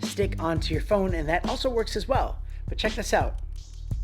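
Someone talks over background music while an iPhone is being handled toward the magnetic ring mount of a selfie stick. The clip ends before the phone meets the mount, so nothing has seated or clicked yet.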